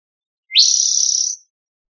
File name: spotted (rufous-sided) towhee , Tigard OR 060506